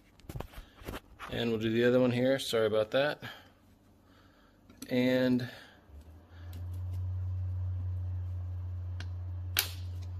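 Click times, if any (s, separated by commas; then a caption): 9.6 s. Someone talks while a reusable spring hose clamp is fitted with pliers onto the rubber air intake hose on the other air intake of a 2016 Mercedes E400 Cabriolet during a spark plug change, with a steady low hum underneath from about 6.5 s. The clamp snaps sharply into place at 9.6 s and sits nice and firm.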